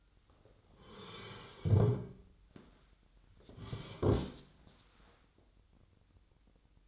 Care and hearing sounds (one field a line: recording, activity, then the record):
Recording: daily activity, microphone in the room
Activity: sit down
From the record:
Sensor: 3